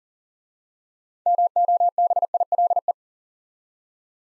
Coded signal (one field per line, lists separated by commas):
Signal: Morse code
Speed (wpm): 40 wpm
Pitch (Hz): 700 Hz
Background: none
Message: MOBILE